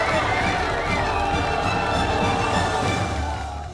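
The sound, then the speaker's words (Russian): A crowd of townspeople runs together, a dense clatter of many footsteps under a steady wash of excited, overlapping voices, holding loud throughout before easing slightly at the end. “Счастливые жители города бегут к богатырям.”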